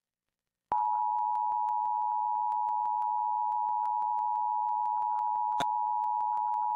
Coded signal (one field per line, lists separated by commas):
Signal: Emergency Alert System (SAME) tones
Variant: 853 and 960 Hz attention tone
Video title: EVI Fire in Inyo County (EAS #10618-10619) 4/6/23